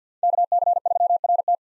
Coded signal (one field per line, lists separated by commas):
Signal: Morse code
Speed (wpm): 50 wpm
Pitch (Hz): 700 Hz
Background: none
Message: KC3RT